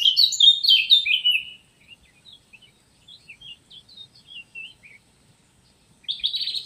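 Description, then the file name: Eurasian blackcap warbling briefly at the start, then soft scattered notes, and a new loud phrase of high chirps near the end. "Sylvia atricapilla"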